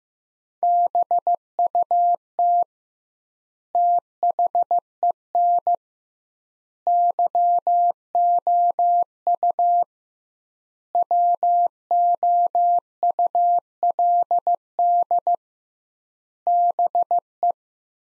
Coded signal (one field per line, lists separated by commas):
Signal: Morse code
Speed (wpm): 15 wpm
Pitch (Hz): 700 Hz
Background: none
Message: BUT THEN YOU WOULD BE